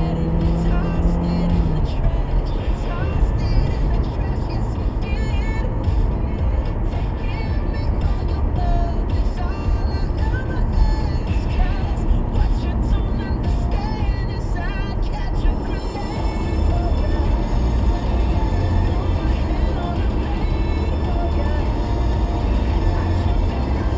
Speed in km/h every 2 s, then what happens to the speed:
90, 92, 92, 92, 92, 90, 90, 90, 90, 90, 92, 95.
0-18 steady at about 90.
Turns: none.